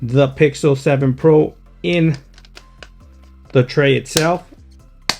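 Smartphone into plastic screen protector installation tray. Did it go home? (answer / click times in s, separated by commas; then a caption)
yes / 5.1 s. A Pixel 7 Pro phone is pressed down into a plastic screen-protector alignment tray while someone talks. There are a few soft taps, then a sharp, loud click at 5.1 s as the phone snaps into place in the tray.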